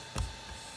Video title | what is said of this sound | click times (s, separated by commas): 3D Printer Build Tutorial | you're just going to push it till it clicks should | 0.2 s